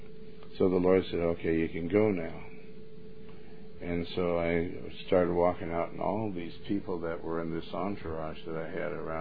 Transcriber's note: none